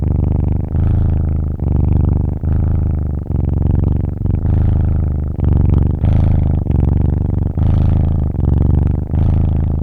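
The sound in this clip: Cat: kitten purring, a deep steady rumble pulsing in and out with each breath, loud and continuous.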